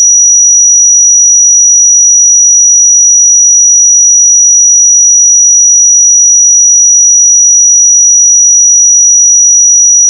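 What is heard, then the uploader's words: A pure sine tone at 5826 Hz holds perfectly steady for the full ten seconds, a single thin, bright, high whistle. Its loudness never changes, and there are no other sounds, no background noise, and no breaks. 5826 Hz 1 Hz Interval Sine Pure Tone Frequency 441000 Sample Mono.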